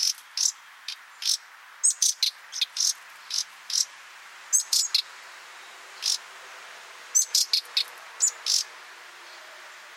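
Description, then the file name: Common nightingale calls: short, harsh, high rasping bursts, often in pairs or quick clusters, scattered irregularly throughout over a soft hiss. "Luscinia megarhynchos"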